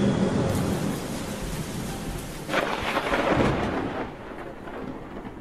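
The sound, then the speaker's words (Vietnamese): A steady roar of heavy rain with gusting wind, swelling into a deep rumble of thunder midway before easing back to a constant downpour. No voices. “Giữa lạnh lẽo mưa gió, mụ vợ điếng hồn khi thấy chồng nằm ngất lịm ngoài bậc cửa.”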